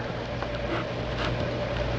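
Two small end tabs of the trim on a Jaguar XK8 headrest are handled as they are folded over, ready to snap into the headrest. Only a steady low hum and faint handling rustles are heard, and nothing has seated or clicked yet.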